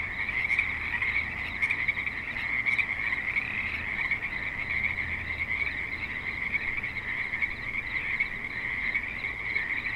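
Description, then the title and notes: Many frogs croaking at once in a continuous chorus, with low traffic rumble swelling now and then beneath it. Frogs at a creek in suburban Spanish Springs, Nevada, with light traffic. "Frogs in Spanish Springs, NV - creek view. Frogs with light traffic and other suburban sounds"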